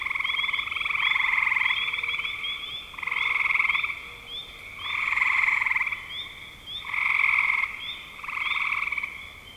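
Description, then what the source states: Frog chorus in distinct surges of pulsed trills roughly every two seconds, quieter gaps between, with rapid high chirps repeating throughout. Spring 2025.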